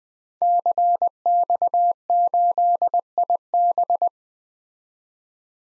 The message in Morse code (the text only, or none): CX8IB